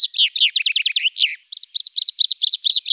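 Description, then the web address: Common chaffinch sings a rapid series of bright, down-slurred notes ending in a flourish, then begins another run of high, evenly repeated notes. "Fringilla coelebs"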